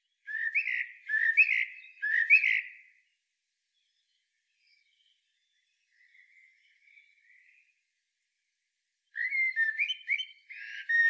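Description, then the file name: Eurasian blackbird song opening with three repeated fluted notes with high twittery edges, a faint soft warble, then another whistled phrase. "Turdus merula"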